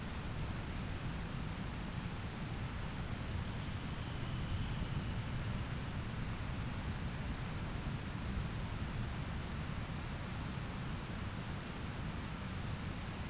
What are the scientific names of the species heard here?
Calidris alpina